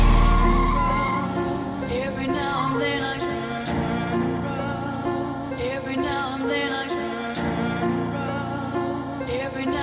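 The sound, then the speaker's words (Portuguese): A car speeds away from a house with its tires skidding, a wavering high screech riding over a dense, steady engine drone that holds loud for the whole stretch. “Ao ver na saída da sua casa o carro dele pegar o trecho.”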